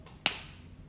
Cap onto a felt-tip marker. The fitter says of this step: you make sure that you hear that click sound before you put your macro away you don't want it to dry out fast okay